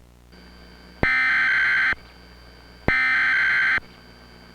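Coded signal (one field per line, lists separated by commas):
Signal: Emergency Alert System (SAME) tones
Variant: header bursts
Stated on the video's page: Fictional, simulated EAS alert for a dust storm, shown on a fictional cable company during an anime broadcast.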